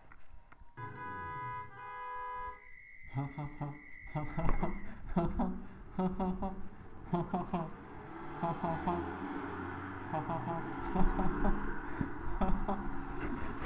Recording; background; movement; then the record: laughter; traffic; sitting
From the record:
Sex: male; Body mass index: 23.7 kg/m2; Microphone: on the chest, facing the body